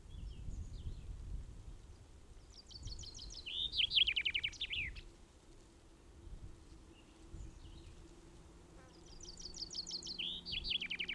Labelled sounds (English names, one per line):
Common Chaffinch song